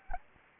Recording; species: mosquito wingbeat signal from an infrared sensor; Anopheles arabiensis